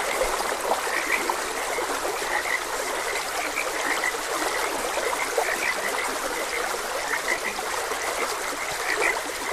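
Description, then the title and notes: Frogs calling together in repeated short croaks, a few louder bursts rising above the chorus, with running water throughout. Frogs croaking beside a gentle stream. "Gentle Stream and Frogs Croaking. Sleep and Relaxation Podcast"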